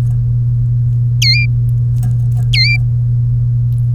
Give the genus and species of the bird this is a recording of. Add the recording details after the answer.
Serinus canaria. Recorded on 3 May 2018 at 11:48. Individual llb3